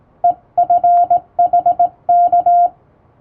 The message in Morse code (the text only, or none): EFHK